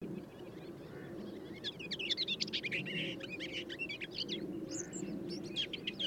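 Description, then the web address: Desert Whitethroat giving busy bursts of high, scratchy chirps and twitters, fairly irregular, with a constant low background hum beneath. "sand white throated warbler call"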